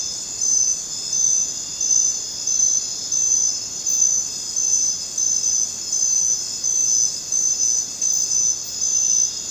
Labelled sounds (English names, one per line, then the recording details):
none
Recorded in dense forest near Puerto Asís, Putumayo, Colombia, on 19 June 2025 at 00:00
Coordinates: 0.484, -76.317
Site G045